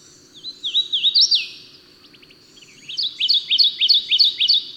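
Bird song: a few looping whistled notes, then a slurred downward phrase, a pause, and a fast run of several sharp repeated chirps.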